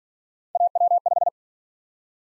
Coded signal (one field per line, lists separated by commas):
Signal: Morse code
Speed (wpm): 46 wpm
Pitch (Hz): 700 Hz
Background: none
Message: AW5